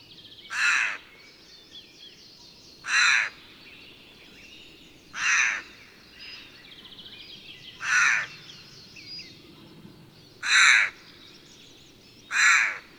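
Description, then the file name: Eurasian jay giving six harsh, rasping screeches, spaced roughly every two and a half seconds. Recorded 17 May 1993. "Garrulus glandarius 170593"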